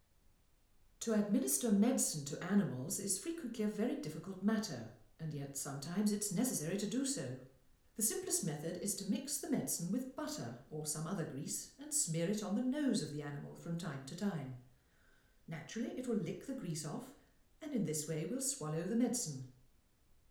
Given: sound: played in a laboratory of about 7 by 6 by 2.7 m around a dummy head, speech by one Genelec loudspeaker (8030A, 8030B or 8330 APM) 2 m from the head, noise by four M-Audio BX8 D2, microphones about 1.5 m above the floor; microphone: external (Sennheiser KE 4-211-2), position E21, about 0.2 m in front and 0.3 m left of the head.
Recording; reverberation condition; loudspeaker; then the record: female speech in English; medium; 30 degrees to the right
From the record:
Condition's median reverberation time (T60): about 510 ms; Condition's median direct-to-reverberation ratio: about -0.5 dB